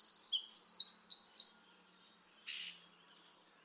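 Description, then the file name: Eurasian wren song, the tail of a rapid high trilled phrase with sharp warbled notes, fading out, then a short scratchy burst. "Troglodytes troglodytes"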